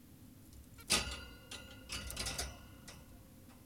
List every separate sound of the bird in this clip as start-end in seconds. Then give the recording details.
0.79-0.84. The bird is an adult. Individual g17y2U